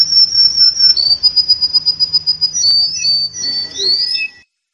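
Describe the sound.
Domestic canary song: a high sustained warbling roll pulsing several times a second, with a brief break and a rising slurred phrase before it stops.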